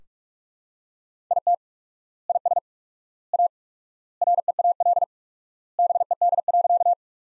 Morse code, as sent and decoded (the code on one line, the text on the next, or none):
.. - / .. ... / .- / .-. . .- .-.. / -... . -.. .-.-.-
IT IS A REAL BED.